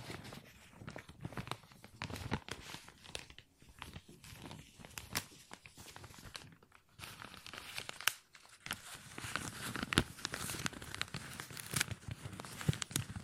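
Plastic crinkles in dense, irregular bursts of sharp crackles throughout, with brief quiet gaps near four and seven seconds and louder snaps around eight.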